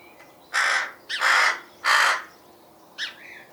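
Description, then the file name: Rook calls: three harsh, hoarse caws in quick succession, then a shorter, weaker caw. "roek"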